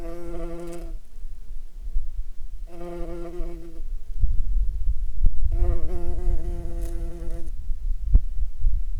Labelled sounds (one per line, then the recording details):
insects
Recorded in Ivvavik National Park, Yukon, on 4 July 2019 at 00:09
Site SINP09